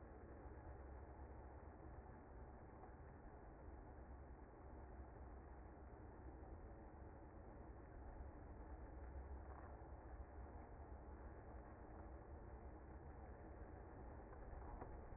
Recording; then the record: honeybee colony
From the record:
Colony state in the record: active